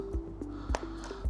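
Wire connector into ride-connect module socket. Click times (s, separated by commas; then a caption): 0.8 s. A multi-pin wire connector is plugged into the RideConnect module socket of an INMOTION P6 electric unicycle. A faint tap at 0.4 s is followed by a sharp click at 0.8 s over steady background music. The connector seats with a snug fit.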